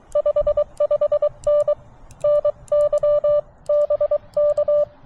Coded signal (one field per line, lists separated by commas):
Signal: Morse code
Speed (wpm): 23 wpm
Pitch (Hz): 590 Hz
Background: none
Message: 55N NY BK